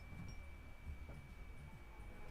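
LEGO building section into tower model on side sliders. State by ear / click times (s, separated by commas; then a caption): not seated / none. A LEGO building section is lined up on the side sliders of a tower model before being pushed home, fitting just barely and needing adjustment. Only quiet, low handling rustles are heard over a steady faint high tone. Nothing has seated or clicked into place yet.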